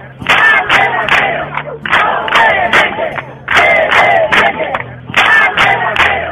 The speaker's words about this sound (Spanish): La playa, llena de turistas, kitesurferos y activistas por la defensa de la tierra, se unió en un grito que aseguraba: «Valdevaqueros no se vende, se defiende».